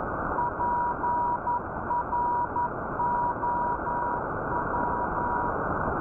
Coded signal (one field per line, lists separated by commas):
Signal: Morse code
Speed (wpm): 11 wpm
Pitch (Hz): 960 Hz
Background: none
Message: PROW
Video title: ЛР43 [7523 kHz CW] | 11th January 2024 | ТЕХНИЧЕСКАЯ ПРОВЕРКА / TECHNICAL CHECK